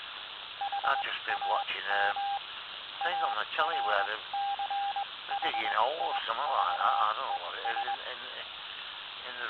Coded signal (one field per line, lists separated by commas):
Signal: Morse code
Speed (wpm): 21 wpm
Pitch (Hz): 800 Hz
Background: speech, radio noise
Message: HAM ARCHIVES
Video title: 019 01 09 NW HAM